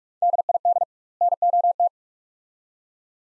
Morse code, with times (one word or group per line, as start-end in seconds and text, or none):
0.2-0.8 DID
1.2-1.9 NOT